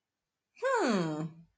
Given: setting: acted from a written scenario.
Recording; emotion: vocal sound without words; pride